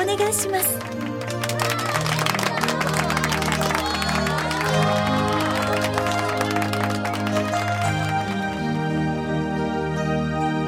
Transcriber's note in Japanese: 拍手、盛大に